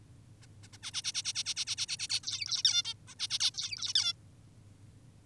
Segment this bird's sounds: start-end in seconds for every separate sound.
0.42-0.46, 0.63-0.68, 0.73-0.78, 0.83-0.91, 0.94-1.02, 1.04-1.12, 1.14-1.23, 1.25-1.33, 1.35-1.44, 1.46-1.54, 1.56-1.65, 1.67-1.76, 1.78-1.86, 1.88-1.97, 1.99-2.08, 2.10-2.20, 2.24-2.63, 2.65-2.83, 2.85-2.94, 3.08-3.14, 3.19-3.28, 3.30-3.39, 3.40-3.51, 3.54-3.94, 3.95-4.13